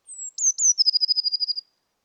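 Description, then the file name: Eurasian blue tit gives a single very high phrase, a thin drawn-out whistle and two sliding notes leading into a rapid even trill lasting under a second. "Cyanistes caeruleus"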